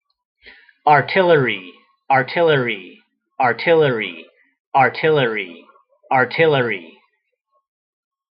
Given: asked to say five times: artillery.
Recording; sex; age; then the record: repeated word; male; 40 to 49 years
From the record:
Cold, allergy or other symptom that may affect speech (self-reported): no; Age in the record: 42 years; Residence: Washington, United States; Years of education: 16